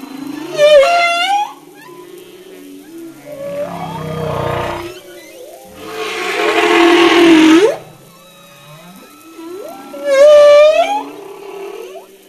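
Humpback whale song: upswept squeals alternate with broad, rasping moans and low grunts, units spaced a few seconds apart in a slow, varied sequence.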